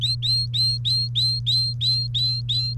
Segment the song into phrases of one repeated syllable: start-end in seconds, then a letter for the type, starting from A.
0.01-2.74 A